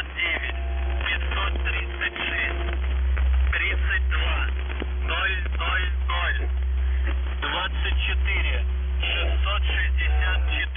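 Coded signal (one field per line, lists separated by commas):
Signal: numbers station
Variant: UVB-76, Russian voice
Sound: russian male voice reading numbers and code words over noisy shortwave with steady hum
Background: radio static, hum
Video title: [UVB-76, The Buzzer] Extremely long Voice Message; 21. August 2020, 17:25 UTC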